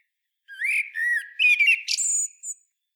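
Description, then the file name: Common blackbird gives a few mellow fluted notes in short bursts, finishing with high, thin squeaky notes. "Turdus merula"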